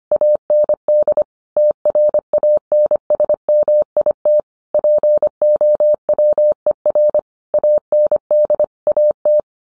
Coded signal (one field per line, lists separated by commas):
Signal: Morse code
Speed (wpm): 25 wpm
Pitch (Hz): 600 Hz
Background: none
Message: AND TRANSMIT POWER AND AT